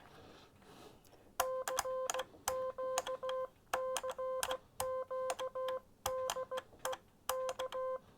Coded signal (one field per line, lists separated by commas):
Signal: Morse code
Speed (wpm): 16 wpm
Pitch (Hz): 520 Hz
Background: none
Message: CQ CQ DE K